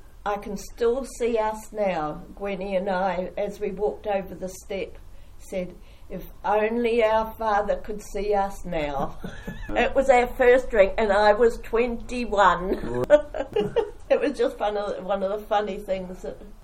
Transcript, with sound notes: I can still see us now, Gwennie and I, as we walked over the step, said “if only our father could see us now”. [Chuckle] It was our first drink, and I was twenty-one. [Chuckle] It was just one of the funny things that…